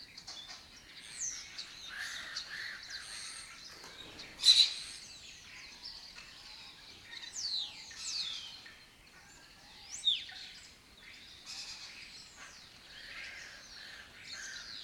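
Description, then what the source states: Lesser kestrels giving scattered harsh, slurred chattering calls, with a sudden sharp sound and another loud note later. Colony breeding in an abandoned building complex in Doñana, southern Europe breeding area; migratory raptor that forages in West Africa.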